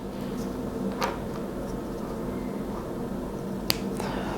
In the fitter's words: once clicked into place and both devices are on